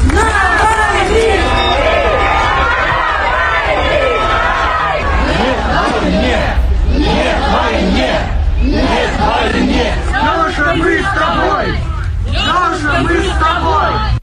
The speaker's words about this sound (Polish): przybyli bardzo licznie i aby pożegnać Aleksieja Nawalnego, wznosili hasła, wymieniając jego imię, ale także krzyczeli nie dla wojny, Putin zabójca i Rosja będzie wolna.